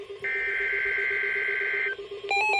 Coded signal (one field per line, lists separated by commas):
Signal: Emergency Alert System (SAME) tones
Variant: header bursts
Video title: EAS #2176-2178 Special Marine Warning